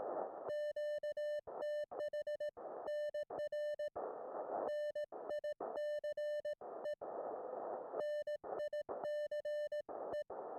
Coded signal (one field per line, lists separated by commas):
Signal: Morse code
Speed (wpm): 18 wpm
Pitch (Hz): 1800 Hz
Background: music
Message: QTH NR NICE NICE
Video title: My Audio & Video Gear + How I Record HAM Radio in the Field.